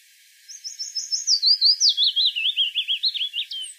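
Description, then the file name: European robin song: a thin, high phrase of rapid repeated notes that drops and wavers into a fluttering trill. "Erithacus rubecula"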